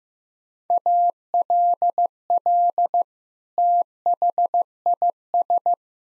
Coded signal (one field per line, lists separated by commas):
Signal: Morse code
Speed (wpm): 15 wpm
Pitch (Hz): 700 Hz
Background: none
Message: ALL THIS